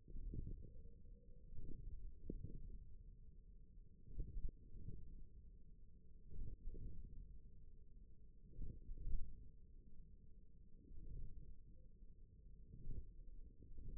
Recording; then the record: forearm muscle sounds (acoustic myography)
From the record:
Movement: ulnar deviation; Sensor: system 1, eight BSWA MPA416 microphones around the upper forearm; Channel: 4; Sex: male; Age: 41 years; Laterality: right